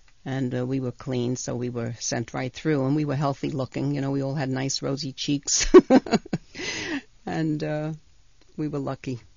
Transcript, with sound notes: and we were clean so we were sent right through. And we were healthy-looking. You know, we all had nice rosy cheeks. (she laughs) We were lucky.